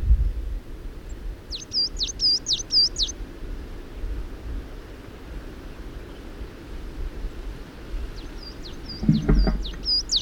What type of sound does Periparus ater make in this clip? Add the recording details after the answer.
song. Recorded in the wild. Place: Granitz, Insel Rügen, Mecklenburg-Vorpommern, DE. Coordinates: 54.385, 13.601. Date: 1971-05-30. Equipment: Nagra III BH, Sennheiser MD 21, parabola. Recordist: Schubert, Michael